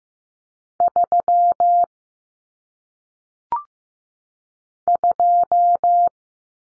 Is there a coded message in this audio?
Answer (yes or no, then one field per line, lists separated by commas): yes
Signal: Morse code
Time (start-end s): 0.8-6.1 s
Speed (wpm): 15 wpm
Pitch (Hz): 700 Hz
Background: none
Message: 3 2